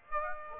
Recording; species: mosquito wingbeat signal from an infrared sensor; Aedes aegypti